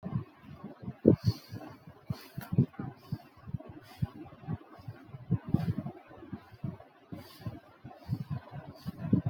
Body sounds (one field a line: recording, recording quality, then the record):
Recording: shallow breathing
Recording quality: poor, much background noise or distortion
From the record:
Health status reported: healthy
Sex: male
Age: 20 years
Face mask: not worn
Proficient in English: yes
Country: India